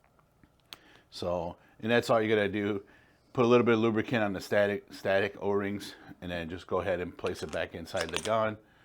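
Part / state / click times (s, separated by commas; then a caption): bolt assembly into paintball marker body / not seated / none. Someone talks while a bolt assembly, its static O-rings just greased with a little lubricant, is handled for placing back into a Shocker ERA paintball marker body, where it locks with a quarter turn. A few faint ticks sound in the first second, the sharpest at about 0.7 s. The clip ends before the bolt goes home, so nothing has seated or locked yet.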